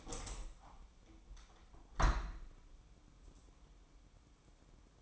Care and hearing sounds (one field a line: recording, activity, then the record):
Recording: daily activity, microphone in the room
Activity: open window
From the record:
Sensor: 1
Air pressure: 1000.5 hPa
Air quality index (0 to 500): 176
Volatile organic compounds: 4 ppm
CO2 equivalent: 1618 ppm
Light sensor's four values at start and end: 10/24/10/11 and 10/25/10/12